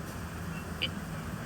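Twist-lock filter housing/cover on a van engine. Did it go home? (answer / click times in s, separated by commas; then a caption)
yes / 0.8 s. A twist-lock part, a filter housing or cover on a Toyota Hiace 3.0 engine during a van service, is turned clockwise until its marks line up. A single sharp click at 0.8 s is heard over a steady low background rumble. The part locks into place.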